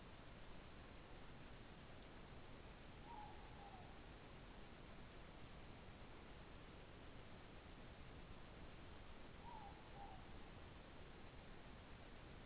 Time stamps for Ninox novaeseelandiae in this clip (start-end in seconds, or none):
2.98-3.97, 9.25-10.26